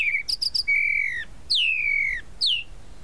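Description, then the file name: Tropical mockingbird singing a varied phrase: a short whistle, three quick chips, then two long, gently falling whistles and a short falling note. "Canto-do-Sabiá-da-Praia"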